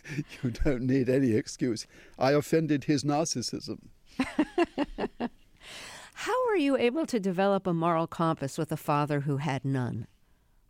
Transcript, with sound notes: You don't need any excuse. I offended his narcissism.
(Laughter) How are you able to develop a moral compass with a father who had none?